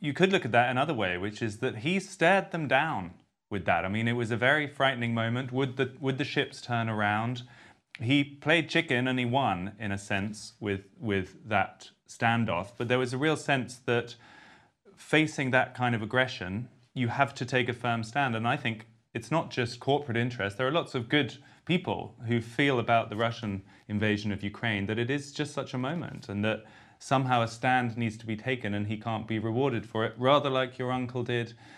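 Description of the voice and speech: One adult man speaks fluently in a clear, mid-pitched voice, with natural phrasing, brief pauses and a few ordinary word repeats. Voice quality, rate and articulation sound typical, with no sign of a voice or speech disorder.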